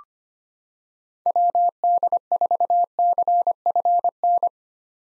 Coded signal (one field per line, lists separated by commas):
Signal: Morse code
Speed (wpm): 25 wpm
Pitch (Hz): 700 Hz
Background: none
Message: WD4CFN